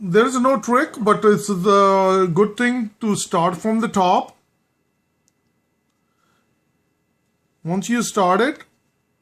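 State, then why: Not seated. Someone talks while a plastic bezel is being handled for pressing onto the body of a Galaxy S4 smartphone, starting from the top. Only a faint tick is heard in the quiet gap between the talking, and nothing has seated or clicked yet.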